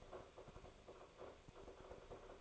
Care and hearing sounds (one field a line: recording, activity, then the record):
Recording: daily activity, microphone in the room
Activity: make coffee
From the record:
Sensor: 5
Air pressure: 1014.8 hPa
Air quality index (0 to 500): 200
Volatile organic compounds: 9 ppm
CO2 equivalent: 2130 ppm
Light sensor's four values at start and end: 17/40/15/14 and 17/40/15/14